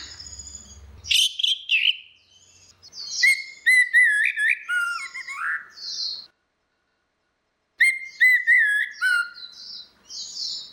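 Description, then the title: Orange-headed thrush singing a long, rambling run of whistles and chattering notes, a short silence, then another varied stretch; brief low rumble at the start. "Burung Anis Merah"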